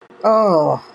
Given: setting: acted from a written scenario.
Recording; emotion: vocal sound without words; negative surprise